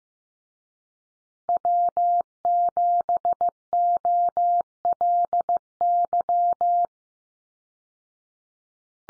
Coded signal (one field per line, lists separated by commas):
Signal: Morse code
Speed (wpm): 15 wpm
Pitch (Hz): 700 Hz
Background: none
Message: W7OLY